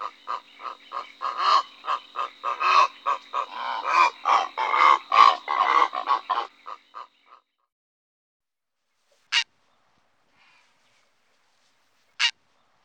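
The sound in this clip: Purple heron uttering a rapid, uneven series of harsh, grating croaks for about seven seconds, then silence broken by two sharp clicks.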